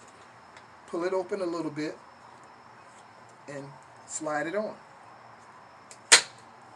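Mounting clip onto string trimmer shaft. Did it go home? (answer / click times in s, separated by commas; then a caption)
yes / 6.1 s. A plastic clip is pulled open slightly and slid onto a string trimmer shaft while assembling the back end of a trimmer mower; someone talks during the first part. A faint tick at about 5.9 s is followed at 6.1 s by a sharp, loud click as the clip snaps onto the shaft and seats.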